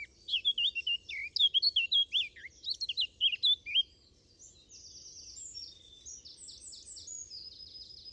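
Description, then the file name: Eurasian blackcap song: a quick scratchy warble of mid-pitched notes for about four seconds, then a brighter, higher run of fluty repeated notes. "Sylvia atricapilla"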